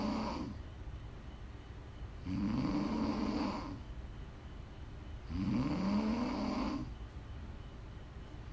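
Two long, rumbling inspiratory snores from an adult woman asleep, each with a rising tonal pitch, about 19 per minute, separated by quiet exhalations.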